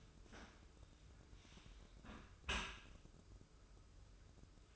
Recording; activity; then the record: daily activity, microphone in the room; close dishwasher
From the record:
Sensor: 2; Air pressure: 995.6 hPa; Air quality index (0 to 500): 95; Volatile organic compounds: 5 ppm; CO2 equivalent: 1759 ppm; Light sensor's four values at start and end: 25/80/32/30 and 25/80/32/30